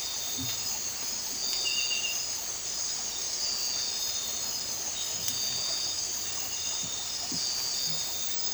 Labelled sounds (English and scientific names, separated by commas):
none